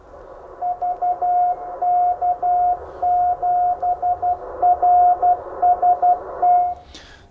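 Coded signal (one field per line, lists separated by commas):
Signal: Morse code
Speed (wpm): 12 wpm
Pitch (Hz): 720 Hz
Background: none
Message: VK7RST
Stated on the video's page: Morse keying through the RigPi MFJ-1234, a Raspberry Pi remote radio controller with an add-on keying board, in an on-air test.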